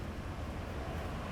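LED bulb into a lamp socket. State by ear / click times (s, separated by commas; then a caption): not seated / none. A plug-in LED bulb is being pushed by hand into its side marker lamp socket on a C5 Corvette. Only a steady, low rumbling, wind-like noise is heard, with no sharp sounds. Nothing has seated or clicked yet.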